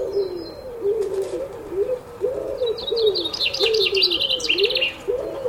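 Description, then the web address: Pigeon cooing: a steady run of low, soft arched coos, with high songbird twittering in the second half. Pigeons recorded in the early morning together with other birds. "Tom Hutchings Birds Early Morning Featuring Pigeons"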